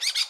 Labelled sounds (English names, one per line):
Brown-throated Parakeet contact call